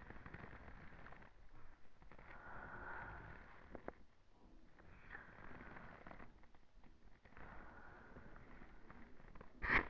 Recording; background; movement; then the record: deep breathing; quiet; sitting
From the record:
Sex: female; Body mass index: 18.3 kg/m2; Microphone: on the chest, facing the body